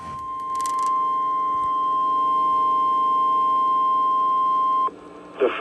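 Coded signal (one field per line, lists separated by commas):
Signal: Emergency Alert System (SAME) tones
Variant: 1050 Hz attention tone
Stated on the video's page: Real EAS alerts captured in December.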